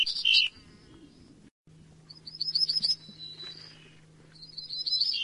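Bird song: quick high twittering phrases at the start, middle and end, separated by quieter gaps, with a low hum in the background.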